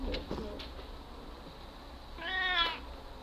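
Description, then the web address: Cat giving one short, bright meow near the end after a few soft bumps and rustles. "Cleopatra meow"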